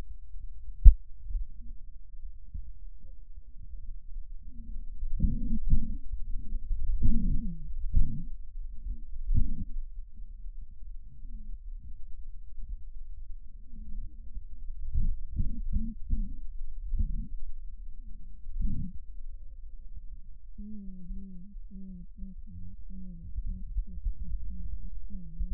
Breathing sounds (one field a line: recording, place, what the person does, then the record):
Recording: lung sounds by stethoscope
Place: left posterior basal chest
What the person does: quiet breathing, then cough and speech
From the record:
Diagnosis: asthma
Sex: female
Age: 56 years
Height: 161 cm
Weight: 85 kg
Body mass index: 32.8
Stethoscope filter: bell mode